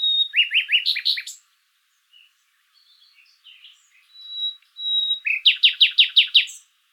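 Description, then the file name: Common nightingale: quick run of repeated chirps, a quiet gap with soft notes and a thin whistle, then another loud series of downslurred chirps. "Luscinia megarhynchos"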